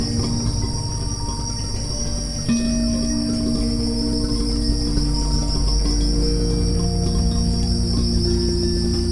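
Cricket: high steady chirring of crickets carries on over mellow sustained music tones that change pitch gradually.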